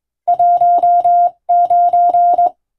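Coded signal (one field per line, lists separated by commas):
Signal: Morse code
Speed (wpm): 20 wpm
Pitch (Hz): 700 Hz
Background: music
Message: 19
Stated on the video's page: Morse radio telegram in European-language code groups, sent with a vertical straight key, as receiving practice in the style of ship-to-coast-station telegraphy.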